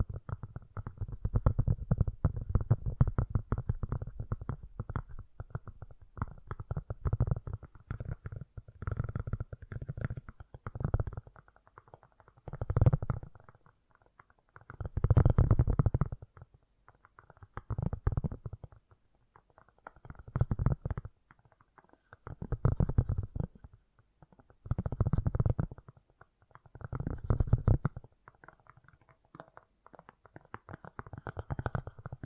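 Fast, gentle tapping, dull and low-pitched, runs steadily for the first few seconds, then comes in short bursts separated by brief pauses.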